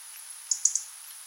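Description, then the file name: European robin giving three short, thin, very high call notes in quick succession, with soft steady hiss behind. "Erithacus rubecula"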